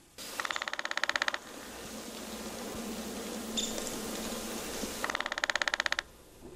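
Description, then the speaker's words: Downy Woodpecker drumming, two short even rolls of rapid taps lasting about a second each, separated by a few seconds of quiet background hiss. Drumming conveys territory or courtship messages, or occurs while searching for food or a nest-hole limb; evokes spring, when the downy examines trees for nesting sites. "Here's a downy woodpecker drumming."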